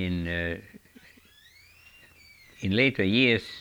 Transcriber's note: a squeaky door can be heard in the background